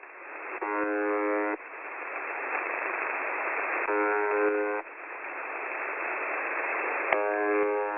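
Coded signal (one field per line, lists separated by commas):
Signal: channel marker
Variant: UVB-76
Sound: short harsh buzzes about one second long, repeating every few seconds over hiss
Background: radio static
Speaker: Basically, in one or two sentences, it's a channel marker that sounds like this.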